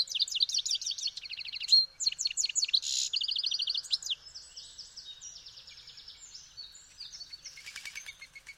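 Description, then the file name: European goldfinch singing continuously, fast tinkling chirps mixed with short trilled runs and a brief buzzy note, the twitter softening toward the end. "Carduelis carduelis"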